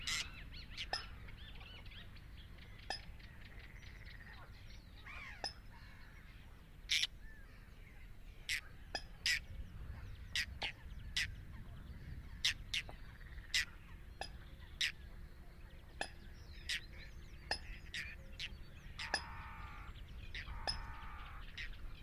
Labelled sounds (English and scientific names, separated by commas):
White-winged Tern (Chlidonias leucopterus) flight call